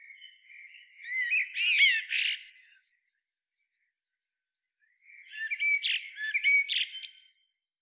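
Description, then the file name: Eurasian blackbird song in two phrases separated by a pause, each a squeaky, jumbled twitter of high notes. "Turdus merula"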